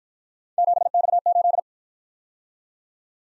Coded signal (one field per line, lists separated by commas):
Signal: Morse code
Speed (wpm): 53 wpm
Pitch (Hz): 700 Hz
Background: none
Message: 7X8